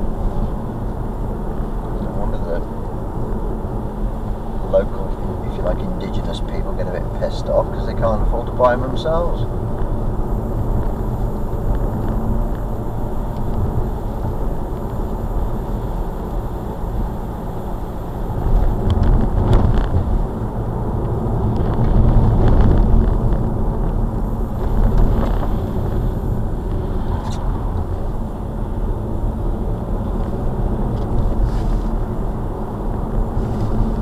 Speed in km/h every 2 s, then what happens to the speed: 52, 53, 53, 53, 55, 55, 56, 58, 60, 60, 60, 53, 48, 39, 45, 50, 56.
0-21 steady at about 55. 21-27 brakes to 39. 27-34 speeds up to 56.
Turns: none.